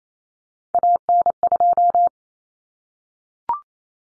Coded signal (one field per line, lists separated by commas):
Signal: Morse code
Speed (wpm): 28 wpm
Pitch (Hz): 700 Hz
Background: none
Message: AN2